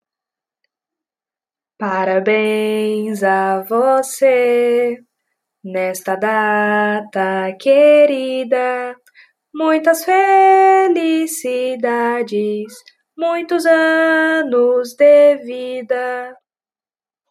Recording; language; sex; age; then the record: short text; Brazilian Portuguese; female; 20 to 29 years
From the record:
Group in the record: control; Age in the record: 20 years